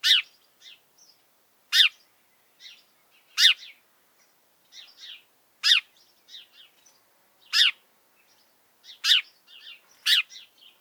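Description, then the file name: House sparrow calling with seven emphatic chirps spaced irregularly, interleaved with quieter high twittering notes. "Passer domesticus"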